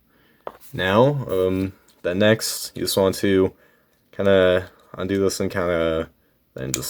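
Someone talks while undoing a part of a plastic Transformers Legacy Deluxe Class Knockout action figure and moving it toward its transformation joint. Apart from a brief sharp handling sound at about 0.5 s, only speech is heard. The part has not clicked into place yet; nothing has seated.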